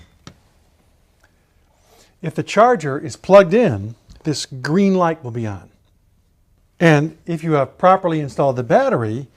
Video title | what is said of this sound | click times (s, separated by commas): Invacare Lifts and Slings Intro | and push it away until you hear it click. | 0.3 s